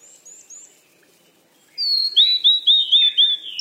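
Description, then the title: Bird chirping: a few faint high chirps, a short pause, then a loud run of bright, repeated chirps sweeping up and down, several per second. "鸟儿喳喳"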